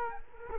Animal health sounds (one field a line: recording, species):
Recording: mosquito wingbeat signal from an infrared sensor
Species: Culex quinquefasciatus